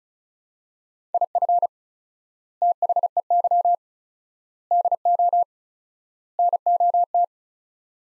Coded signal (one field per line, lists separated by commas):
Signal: Morse code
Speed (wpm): 34 wpm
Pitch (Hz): 700 Hz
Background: none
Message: IF THEY DO NOT